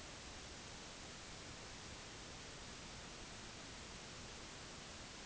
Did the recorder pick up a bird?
no